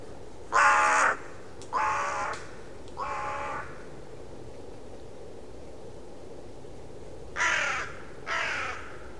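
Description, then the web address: Bird giving harsh crow-like caws, three in the first four seconds, then a pause and two more near the end, over steady background noise. "cianscape. Deverinetal. Bird Only"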